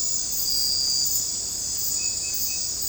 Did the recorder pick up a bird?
no